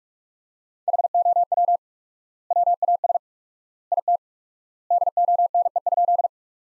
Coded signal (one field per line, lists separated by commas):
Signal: Morse code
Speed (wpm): 41 wpm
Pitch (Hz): 700 Hz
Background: none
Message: HOW WAS IT DONE?